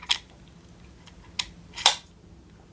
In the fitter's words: they snap right in there.